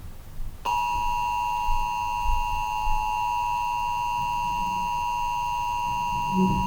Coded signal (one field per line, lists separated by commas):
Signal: Emergency Alert System (SAME) tones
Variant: 853 and 960 Hz attention tone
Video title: Severe thunderstorm warning for my county on tv [EAS #528]